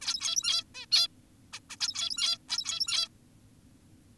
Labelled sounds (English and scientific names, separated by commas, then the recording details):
Zebra Finch (Taeniopygia guttata)
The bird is an adult
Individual g17y2U